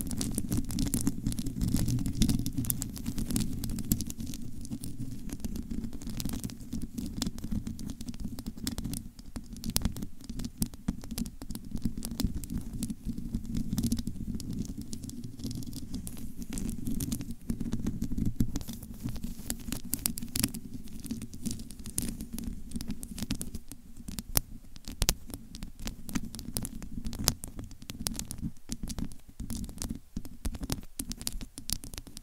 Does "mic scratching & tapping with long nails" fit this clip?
yes